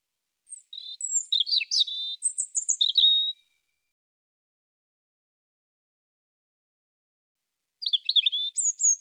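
European robin song: a run of high thin whistles and jumbled warbling notes, then silence, then a new phrase beginning with slurred notes near the end.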